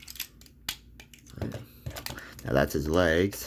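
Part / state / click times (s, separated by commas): plastic leg piece onto its peg joint on a toy robot figure, other side / seated / 0.7 s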